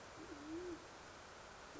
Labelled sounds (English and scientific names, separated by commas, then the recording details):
Band-tailed Pigeon (Patagioenas fasciata)
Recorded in Sonoma County, California